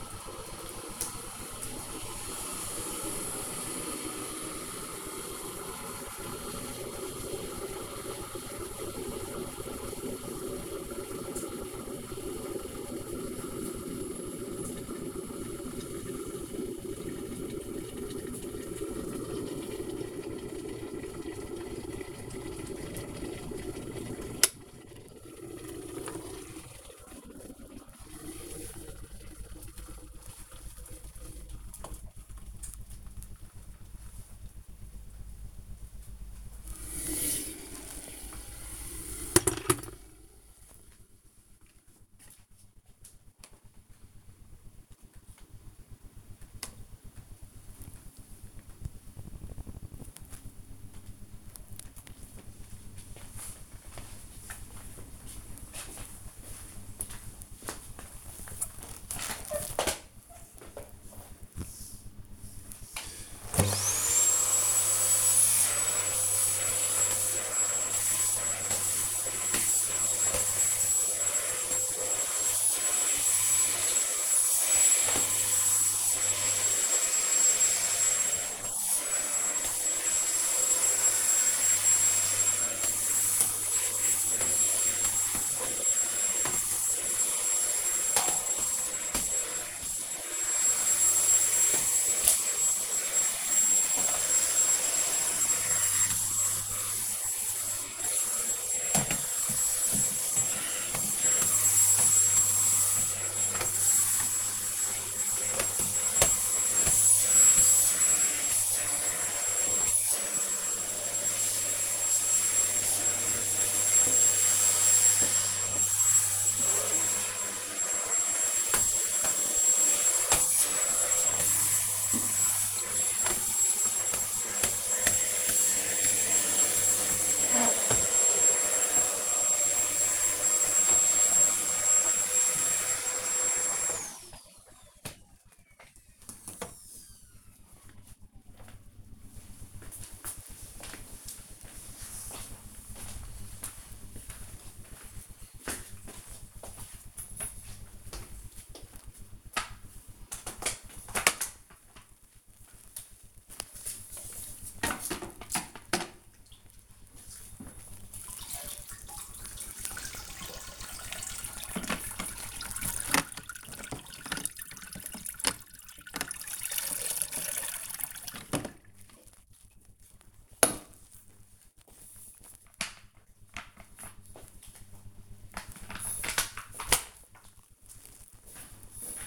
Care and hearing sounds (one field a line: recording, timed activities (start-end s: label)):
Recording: household activities, microphone on the right wrist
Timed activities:
0.00-43.04 s: making tea
62.16-133.69 s: vacuum cleaning
149.84-179.27 s: floor cleaning